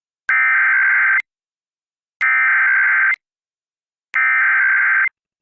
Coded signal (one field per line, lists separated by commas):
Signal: Emergency Alert System (SAME) tones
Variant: header bursts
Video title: EAS Civil Emergency Message Bismarck, North Dakota Statewide Alert (Missing Teenager/Silver Alert)